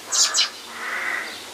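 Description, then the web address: Bird call: two quick, very high chirps in fast succession, followed by a steady background hiss. "musicradar outdoor-samples Birds"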